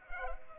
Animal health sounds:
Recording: mosquito wingbeat signal from an infrared sensor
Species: Culex pipiens

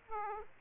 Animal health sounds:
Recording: mosquito wingbeat signal from an infrared sensor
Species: Aedes aegypti

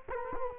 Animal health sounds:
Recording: mosquito wingbeat signal from an infrared sensor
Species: Culex quinquefasciatus

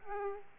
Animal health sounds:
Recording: mosquito wingbeat signal from an infrared sensor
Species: Aedes aegypti

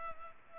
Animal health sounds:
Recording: mosquito wingbeat signal from an infrared sensor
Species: Culex pipiens

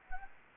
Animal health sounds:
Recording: mosquito wingbeat signal from an infrared sensor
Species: Anopheles gambiae

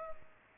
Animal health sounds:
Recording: mosquito wingbeat signal from an infrared sensor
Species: Culex pipiens

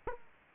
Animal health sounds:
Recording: mosquito wingbeat signal from an infrared sensor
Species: Aedes aegypti

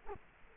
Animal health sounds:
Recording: mosquito wingbeat signal from an infrared sensor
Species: Culex quinquefasciatus

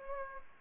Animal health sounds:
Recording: mosquito wingbeat signal from an infrared sensor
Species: Aedes aegypti

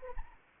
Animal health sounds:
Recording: mosquito wingbeat signal from an infrared sensor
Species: Anopheles arabiensis

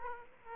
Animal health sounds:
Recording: mosquito wingbeat signal from an infrared sensor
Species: Aedes aegypti

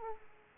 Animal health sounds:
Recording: mosquito wingbeat signal from an infrared sensor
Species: Aedes aegypti

